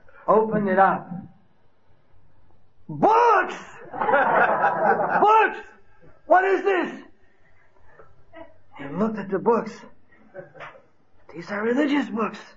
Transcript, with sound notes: opened it up, "Books!? (laughter) What is this?" He looked at the books. "These are religious books.